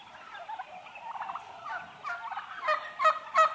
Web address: Sound Effects-BBC Turkeys. interior eight month old turkeys mostly hens females close perspective recording